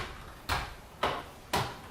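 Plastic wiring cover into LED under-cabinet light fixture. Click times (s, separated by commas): 1.5 s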